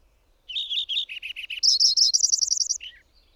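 Bird song: one full phrase of slurred notes, a run of lower repeated notes, a fast bright trill, and a final falling note.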